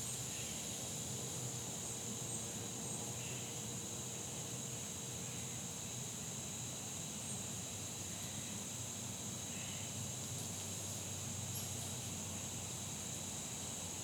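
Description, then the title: Insects droning steadily in a high, even hum with a lower companion tone, over a soft, constant low rumble. Fall day that felt like late summer; insects droning like the heat in a neighborhood, joined by falling acorns. "Soundcast: Insects and Acorns"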